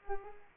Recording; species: mosquito wingbeat signal from an infrared sensor; Culex pipiens